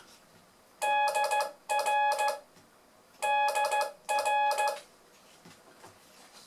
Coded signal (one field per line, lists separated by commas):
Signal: Morse code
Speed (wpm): 15 wpm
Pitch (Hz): 840 Hz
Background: none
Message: DR DR